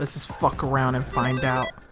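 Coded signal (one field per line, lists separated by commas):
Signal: none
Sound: game sound effect beeps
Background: speech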